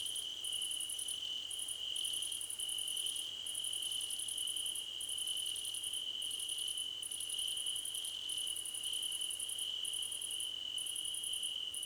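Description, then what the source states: Crickets trill at once; a steady high note holds while very high pulsing bursts repeat with short gaps. Many crickets calling together, described as a choir competition.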